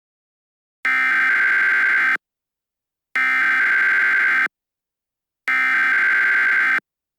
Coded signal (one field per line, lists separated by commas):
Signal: Emergency Alert System (SAME) tones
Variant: header bursts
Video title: Planetary dismission EP 1: Yellowstone Emergency. (EAS) Analog Horror